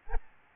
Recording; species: mosquito wingbeat signal from an infrared sensor; Aedes albopictus